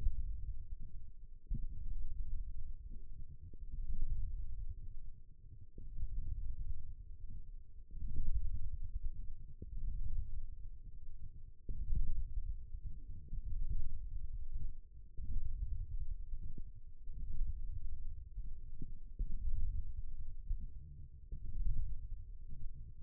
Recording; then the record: forearm muscle sounds (acoustic myography)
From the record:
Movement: wrist extension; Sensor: system 1, eight BSWA MPA416 microphones around the upper forearm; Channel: 4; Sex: female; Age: 21 years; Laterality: right